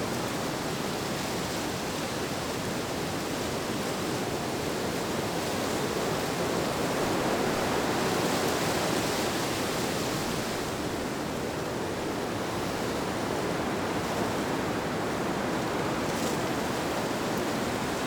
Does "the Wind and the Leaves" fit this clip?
yes